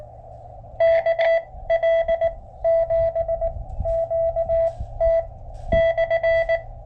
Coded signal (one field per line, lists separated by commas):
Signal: Morse code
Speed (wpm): 19 wpm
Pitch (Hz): 660 Hz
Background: radio noise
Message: KL7QT/